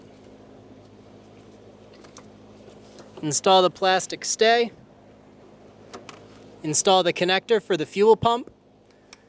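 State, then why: Seated. A plastic wiring harness connector is pushed onto the fuel pump module socket of a 2010-2014 Subaru Outback (2.5L H4) during a fuel pump and strainer replacement, and it latches and seats with a sharp click at 9.1 s. Someone talks over a steady low hum, with a few small ticks and taps around 2.0–3.0 s and 5.9–6.4 s.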